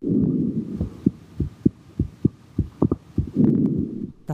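A child's heartbeat set to music: steady low thumps at about 100 per minute, with the music swelling at the start and end.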